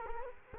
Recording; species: mosquito wingbeat signal from an infrared sensor; Culex quinquefasciatus